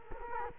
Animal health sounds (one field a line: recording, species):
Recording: mosquito wingbeat signal from an infrared sensor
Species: Culex quinquefasciatus